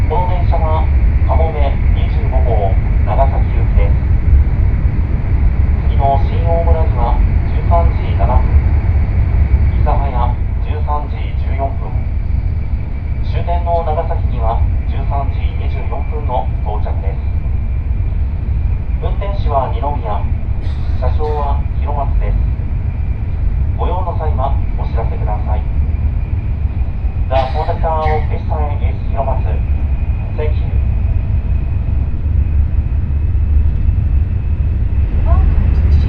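A ride on the Kamome 25 Shinkansen from Takeo-Onsen to Nagasaki, with a heavy, steady low rumble and a thin high whine running throughout. A voice speaks in short phrases through most of the clip, pausing briefly between them.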